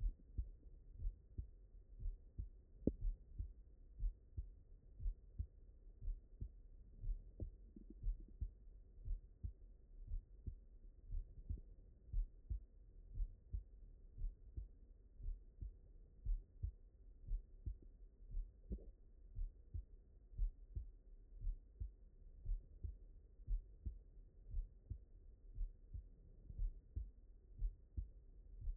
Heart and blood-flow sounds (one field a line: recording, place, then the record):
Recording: heart sounds by stethoscope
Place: mitral valve (MV)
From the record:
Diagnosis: non-HFrEF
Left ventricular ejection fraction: 68%